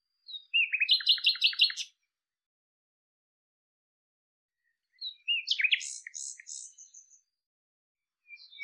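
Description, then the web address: Bird giving two bursts of rapid chirping notes a few seconds apart, the second more varied, with a third starting at the end. "cianscape birddata Deverinetal 2025 Bird Lu Me Lu Me"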